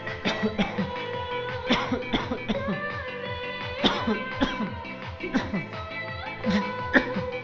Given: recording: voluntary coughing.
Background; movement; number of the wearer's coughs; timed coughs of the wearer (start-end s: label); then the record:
music; sitting; 9
0.24-0.56 s: cough
0.56-0.88 s: cough
1.67-2.09 s: cough
2.11-2.46 s: cough
2.47-2.79 s: cough
3.81-4.16 s: cough
4.39-4.73 s: cough
5.32-5.65 s: cough
6.91-7.37 s: cough
From the record:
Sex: male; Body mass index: 20.5 kg/m2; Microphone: on the chest, facing outward